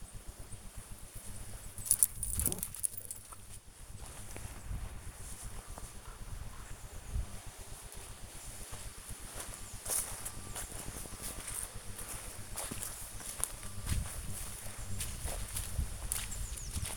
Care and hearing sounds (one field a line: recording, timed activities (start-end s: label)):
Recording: household activities, microphone on the right wrist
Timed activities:
0.00-16.97 s: going for a walk with dog